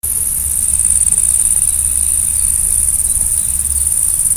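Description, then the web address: Grasshopper stridulation, a steady high-pitched hissing buzz held without a break, over a low rumbling hum. "heuschrecken sound"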